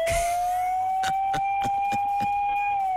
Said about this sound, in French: Ils sont là avec l'homme, avec deux mégaphones. Mets la sirène. Ah, la sirène.